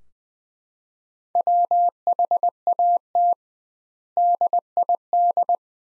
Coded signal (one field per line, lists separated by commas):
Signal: Morse code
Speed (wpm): 20 wpm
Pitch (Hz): 700 Hz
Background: none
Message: WHAT DID